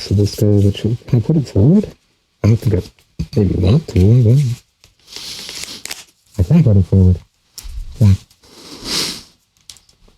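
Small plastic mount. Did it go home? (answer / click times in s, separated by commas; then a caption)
yes / 9.7 s. Someone talks while pushing the microphone forward into its mounting position inside a Metadox OMBRA soundproof voice mask, with some rustling and handling noise in between. At 9.7 s the microphone mount snaps home with a sharp plastic click and is seated, a nice click.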